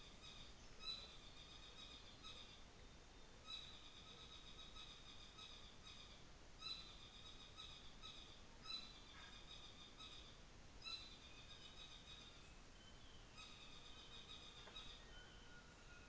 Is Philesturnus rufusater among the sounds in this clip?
yes